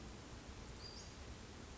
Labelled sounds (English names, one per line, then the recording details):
Western Flycatcher
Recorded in Sonoma County, California